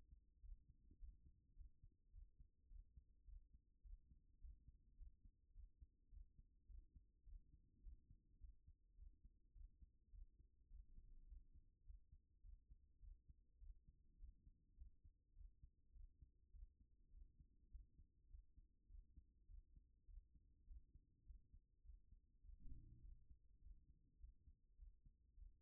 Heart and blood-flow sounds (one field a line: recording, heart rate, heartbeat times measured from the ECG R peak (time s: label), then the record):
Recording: heart sounds by stethoscope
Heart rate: 104 bpm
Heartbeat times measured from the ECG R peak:
0.41 s: heartbeat
0.98 s: heartbeat
1.55 s: heartbeat
2.12 s: heartbeat
2.68 s: heartbeat
3.25 s: heartbeat
3.82 s: heartbeat
4.39 s: heartbeat
4.96 s: heartbeat
5.53 s: heartbeat
6.10 s: heartbeat
6.67 s: heartbeat
7.25 s: heartbeat
7.82 s: heartbeat
8.39 s: heartbeat
8.96 s: heartbeat
9.54 s: heartbeat
10.11 s: heartbeat
10.69 s: heartbeat
11.26 s: heartbeat
11.84 s: heartbeat
12.42 s: heartbeat
13.00 s: heartbeat
13.59 s: heartbeat
14.18 s: heartbeat
14.76 s: heartbeat
15.34 s: heartbeat
15.93 s: heartbeat
16.52 s: heartbeat
17.11 s: heartbeat
17.70 s: heartbeat
18.29 s: heartbeat
18.88 s: heartbeat
19.47 s: heartbeat
20.06 s: heartbeat
20.66 s: heartbeat
21.24 s: heartbeat
21.83 s: heartbeat
22.42 s: heartbeat
23.01 s: heartbeat
23.60 s: heartbeat
24.18 s: heartbeat
24.76 s: heartbeat
25.35 s: heartbeat
From the record:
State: after exercise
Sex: female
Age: 55 years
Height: 168 cm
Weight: 81 kg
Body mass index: 28.70